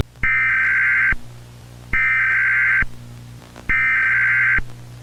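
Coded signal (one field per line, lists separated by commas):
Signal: Emergency Alert System (SAME) tones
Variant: header bursts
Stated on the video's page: Recreated nuclear-war EAS scenario, not a real alert.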